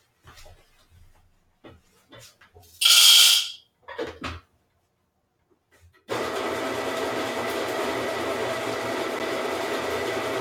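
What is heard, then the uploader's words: A man prepares an Americano with a Moka pot: a few soft clinks and taps, then a sharp bright hiss near the three-second mark and more knocks. After about six seconds a loud, steady rushing hiss starts and holds unchanged to the end. Mike is fighting a head cold and has decided to make himself an Americano using his Moka pot.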